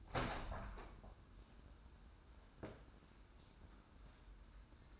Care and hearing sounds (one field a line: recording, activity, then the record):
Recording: daily activity, microphone in the room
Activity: open window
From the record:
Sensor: 2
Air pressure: 994.3 hPa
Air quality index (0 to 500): 210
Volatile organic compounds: 1000 ppm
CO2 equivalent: 6976 ppm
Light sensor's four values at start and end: 64/150/61/60 and 73/168/70/69